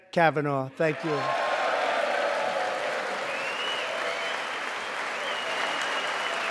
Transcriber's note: applause